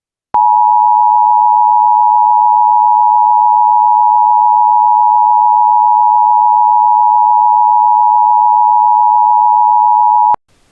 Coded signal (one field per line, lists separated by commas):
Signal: Emergency Alert System (SAME) tones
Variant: 853 and 960 Hz attention tone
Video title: JOHN PORK EAS MOCK